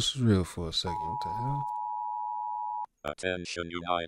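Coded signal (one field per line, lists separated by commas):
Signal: Emergency Alert System (SAME) tones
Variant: 853 and 960 Hz attention tone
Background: speech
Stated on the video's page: Fictional EAS scenario, a simulated alert watched in a reaction.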